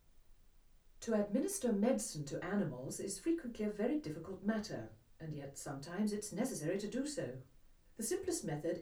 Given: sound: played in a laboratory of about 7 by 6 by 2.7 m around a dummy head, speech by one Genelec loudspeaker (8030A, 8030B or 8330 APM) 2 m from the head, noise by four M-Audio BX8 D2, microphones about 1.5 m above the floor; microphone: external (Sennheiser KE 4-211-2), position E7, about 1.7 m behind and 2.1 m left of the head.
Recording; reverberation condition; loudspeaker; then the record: female speech in English; low; 30 degrees to the left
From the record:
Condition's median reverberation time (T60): about 310 ms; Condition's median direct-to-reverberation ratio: about 3.5 dB